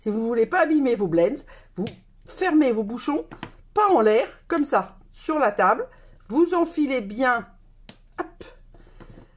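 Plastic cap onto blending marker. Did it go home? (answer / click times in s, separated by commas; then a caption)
yes / 7.9 s. Someone talks while pushing a plastic cap onto an alcohol blending marker that rests on the table rather than being held in the air. A small, sharp click at 7.9 s shows the cap is properly closed, followed by a few fainter taps.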